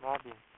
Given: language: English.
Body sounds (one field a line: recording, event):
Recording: throat vibration sensor signal played as sound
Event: speech